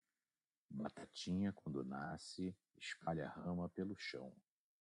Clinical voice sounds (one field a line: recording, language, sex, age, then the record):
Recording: short text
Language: Brazilian Portuguese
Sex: male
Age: 60 to 69 years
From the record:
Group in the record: control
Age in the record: 63 years